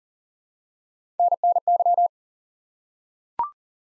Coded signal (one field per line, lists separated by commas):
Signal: Morse code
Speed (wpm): 42 wpm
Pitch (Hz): 700 Hz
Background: none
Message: NNY